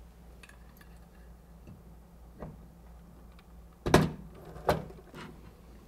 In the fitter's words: lift the camera and rotate it to the right until it clicks into place